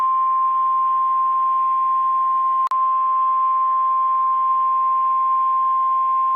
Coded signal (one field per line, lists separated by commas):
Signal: Emergency Alert System (SAME) tones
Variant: 1050 Hz attention tone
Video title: OK SVR EAS #624